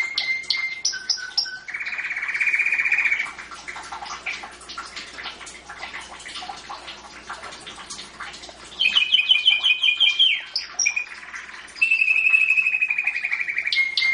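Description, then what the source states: Domestic canary song: loud rolling trills in three bursts separated by quieter spells of faint scratchy chatter. Champion singing canary.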